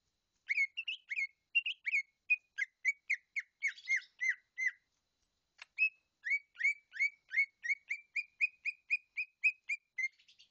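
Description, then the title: Greater green leafbird song, a fast run of varied, sharp whistled and chirping notes, pausing briefly midway before resuming in a steady chattering stream. "CUCAK IJO"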